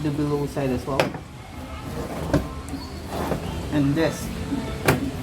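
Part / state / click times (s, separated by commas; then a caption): lower plastic cover clip on an air purifier housing / released / 4.9 s. A lower plastic clip on the cover of an Alano air purifier housing is released while someone talks. A sharp click at 4.9 s confirms the clip has come loose, so the cover can be pulled up.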